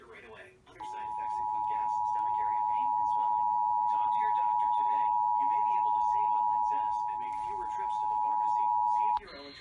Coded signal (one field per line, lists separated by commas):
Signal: Emergency Alert System (SAME) tones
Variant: 853 and 960 Hz attention tone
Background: speech